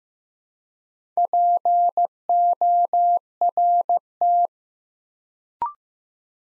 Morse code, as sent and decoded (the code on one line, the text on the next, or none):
.--. --- .-. -
PORT